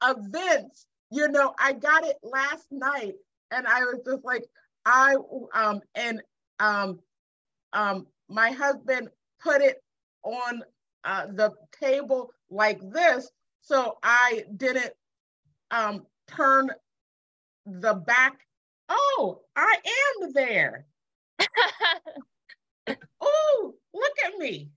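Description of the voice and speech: An adult woman with aphasia after a stroke, speaking in conversation: halting speech with frequent 'um' fillers, long pauses and word-finding errors, typical of fluent-leaning aphasia.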